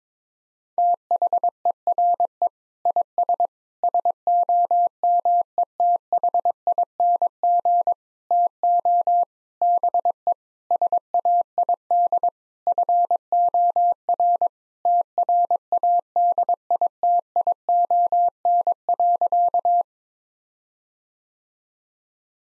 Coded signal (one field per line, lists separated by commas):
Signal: Morse code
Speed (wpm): 22 wpm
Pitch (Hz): 700 Hz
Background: none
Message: THERE IS SOMETHING TO BE SAID FOR TRADITION.